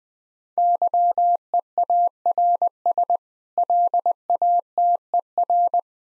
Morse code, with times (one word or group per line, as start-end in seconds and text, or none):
0.6-3.2 YEARS
3.6-5.8 LATER